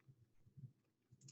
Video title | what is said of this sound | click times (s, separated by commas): Katie Pudwill - Making Ice Cream | I'm struggling with getting it to seal there. | 1.3 s